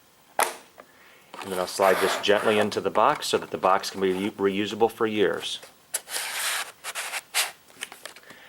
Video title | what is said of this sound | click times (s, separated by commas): First time dial caliper use | I'm going to close it. You'll hear it click. | 0.4 s